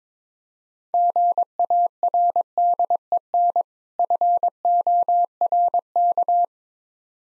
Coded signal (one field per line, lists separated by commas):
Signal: Morse code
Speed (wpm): 22 wpm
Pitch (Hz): 700 Hz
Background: none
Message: GARDEN FORK